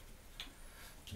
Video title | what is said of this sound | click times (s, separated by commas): American Standard Cadet Toilet Seat Elongated | click right in | 0.4 s, 1.1 s